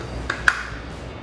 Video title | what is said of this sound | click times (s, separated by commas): 2021-2023 F-150 OE Style LED Tail Light Review & Install | And it kinda clicks into place, uh, pretty easy, actually. | 0.3 s, 0.5 s